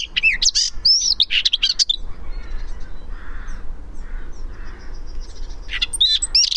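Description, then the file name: Eurasian blackcap singing: rapid bursts of high, twittering and scratchy notes, a pause with faint low background sound, then another quick chattering burst at the end. "Sylvia atricapilla"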